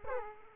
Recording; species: mosquito wingbeat signal from an infrared sensor; Aedes aegypti